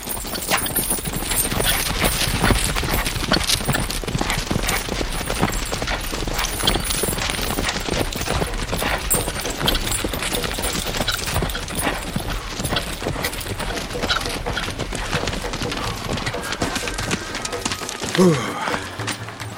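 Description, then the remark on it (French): Horse hooves clip-clop steadily for the whole stretch, a dense rhythmic patter of sharp strikes that stays at an even loudness throughout. “Nous avons réservé un de nos meilleurs chevaux.”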